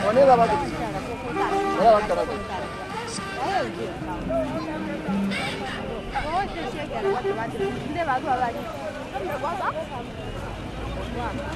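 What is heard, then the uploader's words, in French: Voices talk continuously over a 4x4 ride, with several people overlapping in lively, fluctuating speech. Beneath them runs a steady low rumble of the vehicle, and occasional brief clatters and knocks break through. The loudness stays fairly even throughout. Enregistrement : septembre 03.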